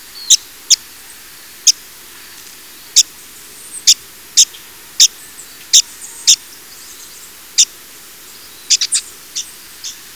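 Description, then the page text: Bronze mannikin calls: short, sharp high chips scattered irregularly throughout, with a few closely spaced near the end, over a steady background hiss. Call is a weak, vibrant note; common in gardens and abandoned lots on coastal lowlands, where it feeds on small seeds. "Bronze Mannikin. Audio (M. Oberle)"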